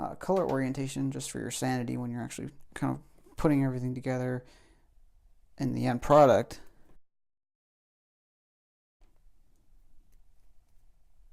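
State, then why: Not seated. Someone talks while handling a crimped metal terminal on a wire beside a plastic connector housing for a Jeep Wrangler LED light project, and the speech then gives way to near silence. The terminal has not yet been pushed home, and nothing has seated or clicked yet.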